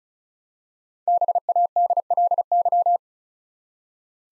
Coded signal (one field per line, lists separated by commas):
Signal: Morse code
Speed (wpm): 36 wpm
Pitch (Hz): 700 Hz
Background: none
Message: BADLY